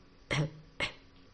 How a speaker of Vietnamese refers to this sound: Diệp Kiến Sơn ho khan hai tiếng